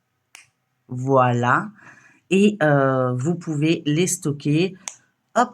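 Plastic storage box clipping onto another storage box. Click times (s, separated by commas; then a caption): 0.4 s. A small plastic storage box for embroidery supplies clips onto another storage box so they can be stacked, making a short, sharp click at 0.4 s. The box is seated, and then someone talks.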